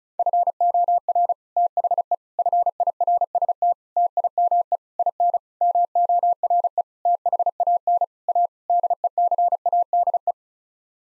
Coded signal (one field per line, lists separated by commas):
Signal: Morse code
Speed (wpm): 36 wpm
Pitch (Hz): 700 Hz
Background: none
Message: FOR THE FIRST TIME IN MORE THAN A DECADE